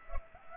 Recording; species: mosquito wingbeat signal from an infrared sensor; Culex pipiens